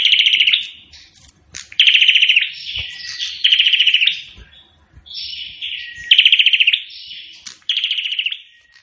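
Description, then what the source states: Prinia song with repeated fast mechanical rattles, each about half a second long, separated by thin high notes and short chips, coming in quick succession. Singing vigorously (gacor); song described as sounding like AK-47 gunfire.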